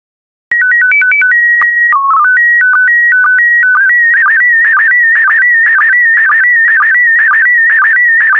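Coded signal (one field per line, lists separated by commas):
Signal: SSTV (slow-scan television)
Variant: PD120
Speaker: the next image transmission will start in 10 seconds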